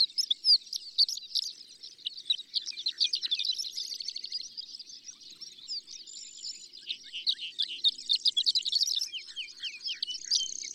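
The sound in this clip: Horned lark song of high, thin, tinkling notes, hurried and jumbled, easing briefly midway before picking up again into a rapid twitter.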